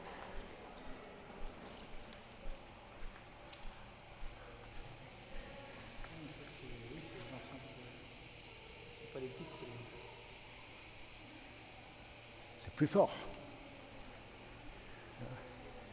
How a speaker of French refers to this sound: Ah, les cigales sont là-bas.